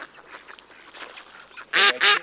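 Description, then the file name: Mallard quacks: soft, scattered calls at first, then two loud, harsh, rasping quacks close together near the end. "Кряква Germano"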